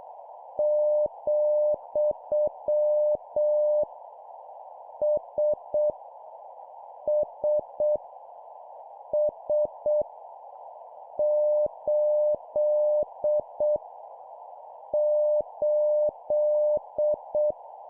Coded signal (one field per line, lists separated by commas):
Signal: Morse code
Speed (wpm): 7 wpm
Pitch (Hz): 600 Hz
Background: none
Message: , S S S 8 8